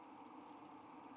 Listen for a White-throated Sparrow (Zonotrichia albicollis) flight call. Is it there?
no